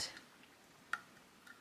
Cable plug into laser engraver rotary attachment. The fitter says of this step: make sure it clicks. Now it's all the way in